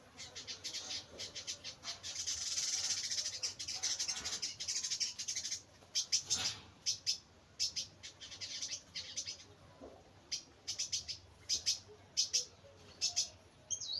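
Bird chirping: a dense high chattering rush at first, then scattered sharp chips and clicks.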